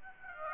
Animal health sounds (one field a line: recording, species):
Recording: mosquito wingbeat signal from an infrared sensor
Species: Aedes aegypti